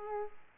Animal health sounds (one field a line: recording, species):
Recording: mosquito wingbeat signal from an infrared sensor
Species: Aedes aegypti